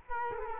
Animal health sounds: mosquito wingbeat signal from an infrared sensor; Culex quinquefasciatus

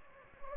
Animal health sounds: mosquito wingbeat signal from an infrared sensor; Anopheles gambiae

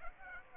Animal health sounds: mosquito wingbeat signal from an infrared sensor; Aedes aegypti

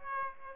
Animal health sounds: mosquito wingbeat signal from an infrared sensor; Aedes aegypti

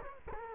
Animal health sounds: mosquito wingbeat signal from an infrared sensor; Culex quinquefasciatus

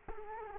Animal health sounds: mosquito wingbeat signal from an infrared sensor; Culex quinquefasciatus

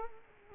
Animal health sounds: mosquito wingbeat signal from an infrared sensor; Culex quinquefasciatus

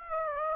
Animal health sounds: mosquito wingbeat signal from an infrared sensor; Aedes aegypti

